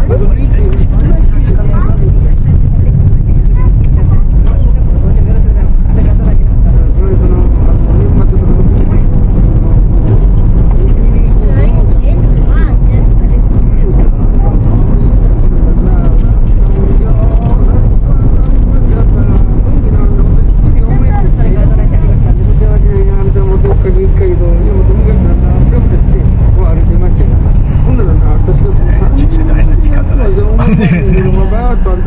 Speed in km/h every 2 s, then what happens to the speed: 24, 27, 32, 37, 41, 42, 43, 44, 44, 32, 16, 11, 13, 15, 10, 2.
0-9 speeds up to 42. 9-17 steady at about 43. 17-22 brakes to 11. 26-32 slows to 2.